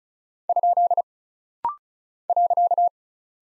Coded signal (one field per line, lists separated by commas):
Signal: Morse code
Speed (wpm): 36 wpm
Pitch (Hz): 700 Hz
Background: none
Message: ? .